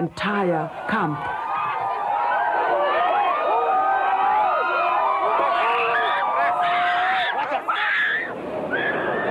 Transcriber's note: screaming crowds of people